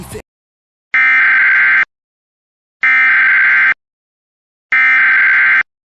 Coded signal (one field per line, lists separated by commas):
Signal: Emergency Alert System (SAME) tones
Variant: header bursts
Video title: EAS Scenario - Brianna's Rampage (Remastered)